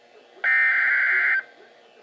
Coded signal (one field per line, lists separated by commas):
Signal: Emergency Alert System (SAME) tones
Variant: header bursts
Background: speech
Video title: Double Header Flood Warning Updates - EAS #251-252